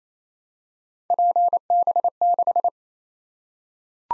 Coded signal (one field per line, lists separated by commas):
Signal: Morse code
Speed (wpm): 29 wpm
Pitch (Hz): 700 Hz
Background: none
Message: PB6